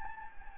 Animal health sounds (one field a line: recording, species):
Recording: mosquito wingbeat signal from an infrared sensor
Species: Anopheles gambiae